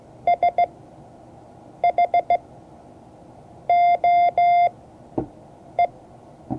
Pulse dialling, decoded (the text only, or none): none